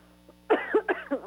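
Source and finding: Adult. Cough.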